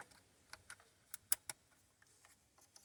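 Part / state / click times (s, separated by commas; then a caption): wiring harness connector on a fuel injector / seated / 1.3 s. A fuel injector wiring harness connector on a Jeep Patriot 2.4L is slipped into place and its red plastic locking tab is pushed down. Several faint ticks lead up to a sharp click at 1.3 s, which seats the connector, followed by another short tick at 1.5 s.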